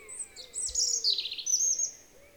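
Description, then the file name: European robin song, a rapid run of high, sweet warbling and trilled notes with a long thin whistle. "Erithacus rubecula"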